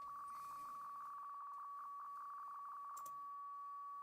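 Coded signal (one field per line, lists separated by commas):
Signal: PSK63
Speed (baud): 62.5 baud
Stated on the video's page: RSGB 3.5 MHz Club Championship data contest operating, streamed live.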